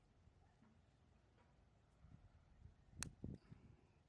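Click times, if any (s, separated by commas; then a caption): 3.0 s. A repaired drip emitter is pushed back into irrigation tubing and pops into place with a sharp, bright click at 3.0 s, followed by a couple of softer low thumps just after. The rest of the clip is quiet background with faint low rustling, and the emitter is seated.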